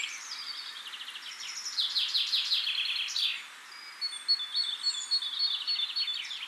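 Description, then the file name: European robin song: rapid, varied high twittering phrases and fast trills, a short pause around four seconds, then thin whistled notes and more tinkling phrases over faint steady hiss. "Erithacus rubecula"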